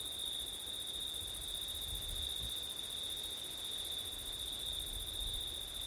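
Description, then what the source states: Crickets keep up an even high trill. Crickets on a windy September night, ORTF stereo recording.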